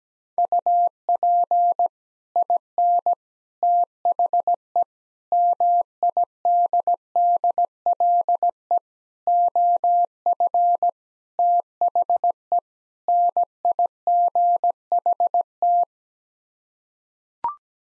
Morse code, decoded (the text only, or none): UP IN THE MIDDLE OF THE NIGHT